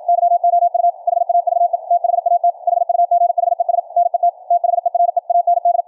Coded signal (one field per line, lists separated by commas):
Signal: Morse code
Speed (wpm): 53 wpm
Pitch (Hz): 700 Hz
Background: radio noise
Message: YOU HAVE THAT HUGHES NET THERE AND